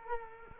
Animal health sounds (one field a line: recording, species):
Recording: mosquito wingbeat signal from an infrared sensor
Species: Culex quinquefasciatus